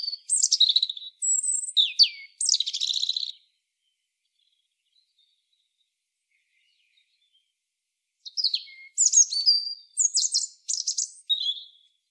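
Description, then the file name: European robin song: two bursts of high, varied warbled and trilled phrases, thin whistles and rapid notes, separated by about five seconds of silence, no other sounds. "Erithacus rubecula"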